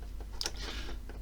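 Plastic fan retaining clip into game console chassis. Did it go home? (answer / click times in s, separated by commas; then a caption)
yes / 0.4 s, 0.5 s. A small plastic retaining clip for the PS4 cooling fan is pushed back into place in the game console chassis while the PS4 is worked on for overheating. It gives a sharp snap at 0.4 s with a quick follow-up at 0.5 s, over faint background noise, and the clip is seated.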